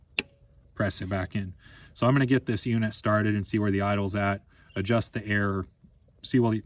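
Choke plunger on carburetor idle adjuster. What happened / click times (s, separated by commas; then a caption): The plunger snapped back in / 0.2 s. A choke plunger on a carburetor idle adjuster, installed as a manual idle adjustment on a YFZ450, is pressed back in after being pulled out and seats with a sharp click at 0.2 s. Someone then talks for the rest of the clip.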